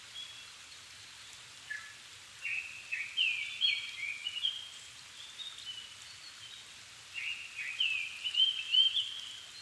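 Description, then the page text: Japanese thrush song: a long run of varied whistled notes, then a second phrase with rising slurs, over a steady hiss. Recorded 7 May 2011 at 17:59 in the evening, at 270 m altitude, with a Sony PCM-D50 and Panasonic WM-61A mic, in Japan. "kurotugumi 20110507-1759. Turdus cardis [Sounds -Nikko Today-]"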